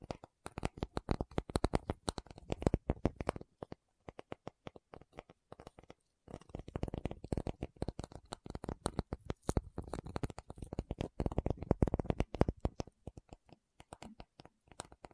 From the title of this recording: Tapping Session (No Talking)